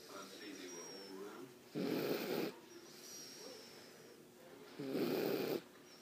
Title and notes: proof that dogs snore by Natalie Jo